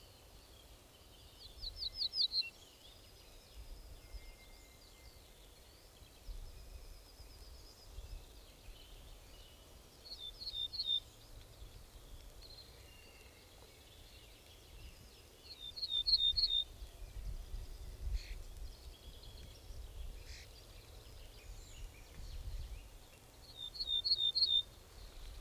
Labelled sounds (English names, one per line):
Ortolan Bunting song